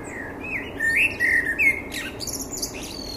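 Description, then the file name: Common blackbird singing a short phrase of fluty whistled notes, then a thin, squeaky high twitter at the end. "Turdus merula"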